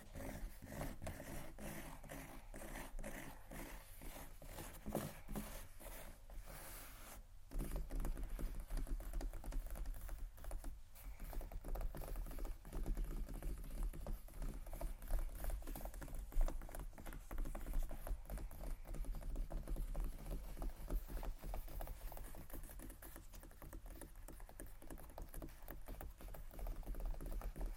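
Fingers tap and scratch on luxury leather bags in quick, dense bursts of dry clicks, with a low steady hum underneath throughout.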